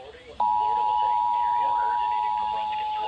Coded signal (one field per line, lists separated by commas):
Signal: Emergency Alert System (SAME) tones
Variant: 853 and 960 Hz attention tone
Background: speech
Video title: SLIGHTSANITY 10: RAFAEL’S DISAPPOINTMENT - EAS Alerts From 11/6/24 - 11/7/24 (EAS #3061-3077)